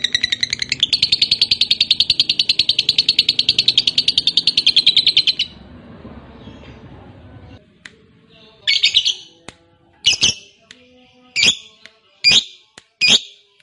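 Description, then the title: Lovebird song, a fast continuous buzzy chatter for about five seconds, then a pause and a series of sharp harsh calls about once a second. Fighter lovebird, singing energetically (gacor). "Berkat SUARA Lovebird FIGHTER GACOR Ini"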